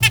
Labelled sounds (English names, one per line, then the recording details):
Zebra Finch hat call
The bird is a female
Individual fem1